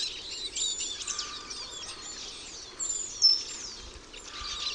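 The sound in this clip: Eurasian siskin twittering calls, a dense high chatter of many birds with thin squeaky notes and a brief louder chirp in the second half.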